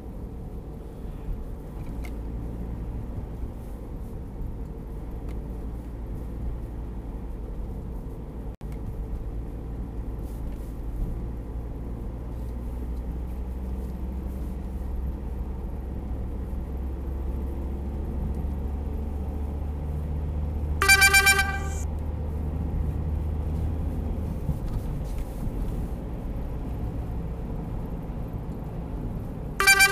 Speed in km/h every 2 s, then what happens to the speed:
41, 42, 39, 40, 41, 43, 46, 47, 50, 53, 55, 56, 58, 60, 59.
0-9 steady at about 41. 9-19 speeds up to 55. 19-30 steady at about 58.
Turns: none.